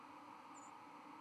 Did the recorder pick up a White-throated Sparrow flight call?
yes